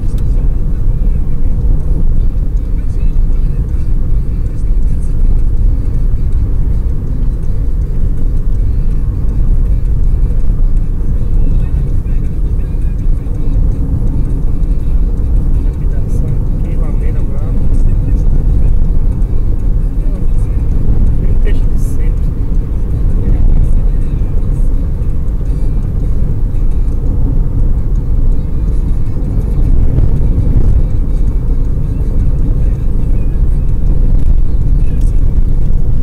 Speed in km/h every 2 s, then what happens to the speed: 72, 73, 75, 79, 80, 78, 76, 75, 77, 78, 78, 81, 80, 80, 79, 79, 78, 76.
0-6 speeds up to 79. 6-36 steady at about 78.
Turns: none.